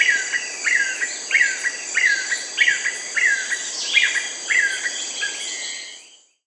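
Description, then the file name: Yellow-billed nunbird calling in a run of clear falling whistles, roughly three every two seconds, with a constant shrill insect hum behind and a fade at the end. Peru and Ecuador. "Yellow-billed Nunbird (Monasa flavirostris), Peru, Ecuador"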